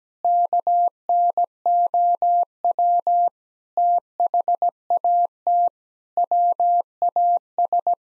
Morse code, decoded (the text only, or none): KNOW THAT WAS